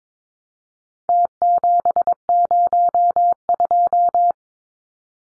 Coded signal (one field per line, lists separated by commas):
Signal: Morse code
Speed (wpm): 22 wpm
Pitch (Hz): 700 Hz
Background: none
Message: T702